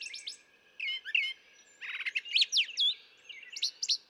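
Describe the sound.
Brown thrasher song: a rapid run of varied phrases, quick repeated chips, slurred whistles and buzzy notes, with short pauses between bursts and a faint steady hum beneath.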